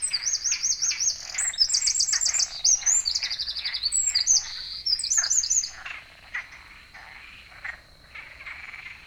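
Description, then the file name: Eurasian wren song, rapid high warbling trills and sharp ticks for about six seconds, then softer scattered notes. "Troglodytes troglodytes"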